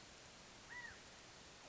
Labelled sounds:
California Quail (Callipepla californica)
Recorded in Sonoma County, California

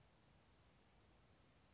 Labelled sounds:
Chestnut-backed Chickadee (Poecile rufescens)
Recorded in Sonoma County, California

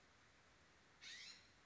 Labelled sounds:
California Scrub-Jay (Aphelocoma californica)
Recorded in Sonoma County, California

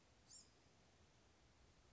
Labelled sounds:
Blue-gray Gnatcatcher (Polioptila caerulea)
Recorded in Sonoma County, California

